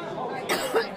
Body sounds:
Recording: coughing mixed with background sound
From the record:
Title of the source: choking, hacking coughing

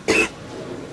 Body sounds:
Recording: coughing mixed with background sound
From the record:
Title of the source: 61 morning phlegmy cough...again

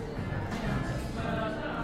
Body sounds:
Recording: background sound without coughing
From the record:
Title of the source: 60 minutes of coffee shop sounds for study and concentration

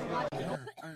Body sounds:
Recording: coughing mixed with background sound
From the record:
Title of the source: 1125 Coughing SOUND Effect

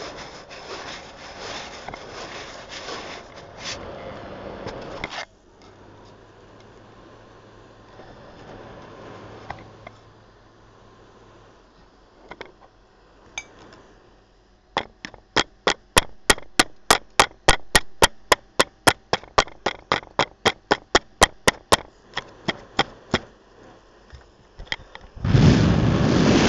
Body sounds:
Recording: background sound without coughing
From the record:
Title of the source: wind

